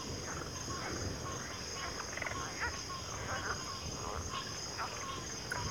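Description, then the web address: Crickets: a dense, unchanging high drone runs throughout, with faint scattered calls beneath. Chorus of crickets in a backwater. "WLL Grade 1-12 Pre-Uni Library Natures Songs Sleep Sounds of Nature CRICKETS Backwater Chorus"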